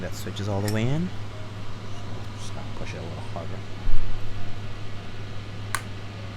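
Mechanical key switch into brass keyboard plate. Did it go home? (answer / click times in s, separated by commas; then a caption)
yes / 5.8 s. A mechanical keyboard switch is pushed harder into a tight cutout in a brass keyboard plate over a steady low hum while someone talks. It snaps home with a sharp, bright click at 5.8 seconds, seating the switch in the plate.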